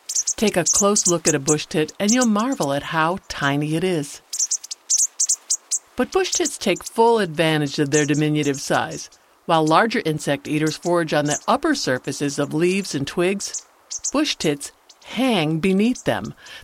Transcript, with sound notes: Take a close look at a Bushtit, and you’ll marvel at how tiny it is. [Bushtits calling] But Bushtits take full advantage of their diminutive size. While larger insect eaters forage on the upper surfaces of leaves and twigs, Bushtits hang beneath them.